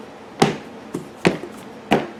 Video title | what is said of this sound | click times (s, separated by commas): Powerhorse 3500 Extended Run Time Fuel Kit Installation Instructions by Pinellas Power Products | so we'll slide these three tabs into the bottle snap | 0.4 s, 1.2 s, 1.9 s